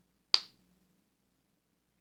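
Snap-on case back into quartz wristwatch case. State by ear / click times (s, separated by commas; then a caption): seated / 0.3 s. After a battery change, a snap-on case back is pressed onto a quartz wristwatch case. It closes with one sharp, loud snap at 0.3 s that dies away quickly, and the case back is seated.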